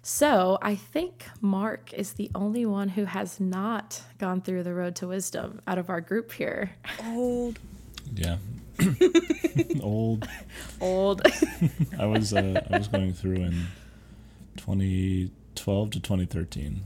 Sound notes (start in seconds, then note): 8.8 laughs; 11.2 laughs